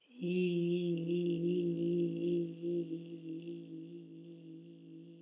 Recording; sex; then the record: sustained vowel /i/; female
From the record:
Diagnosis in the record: healthy control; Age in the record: 72 years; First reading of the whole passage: 67 s, 7.5 characters per second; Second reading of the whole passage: 67 s, 7.5 characters per second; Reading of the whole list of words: 68 s, 4.2 characters per second